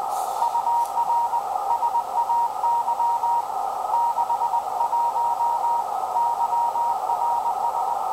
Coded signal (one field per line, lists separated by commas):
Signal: Morse code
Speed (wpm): 20 wpm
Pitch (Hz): 940 Hz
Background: radio noise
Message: UR SAY 61 YRS